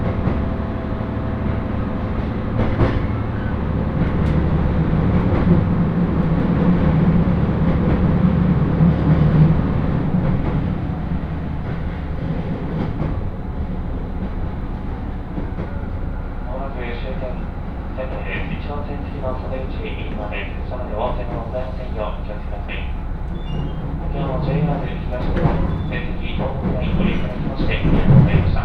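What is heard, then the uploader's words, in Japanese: Riding aboard a Senseki-Tohoku Line rapid train from Takagimachi toward Sendai, a steady low rumble of the running train fills the clip. Voices talk over it from about fifteen seconds on, and a sharp clack sounds near the end. 仙石東北ライン快速 高城町→仙台。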